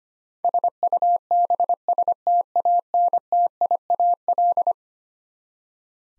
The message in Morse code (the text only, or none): SUBSTANTIAL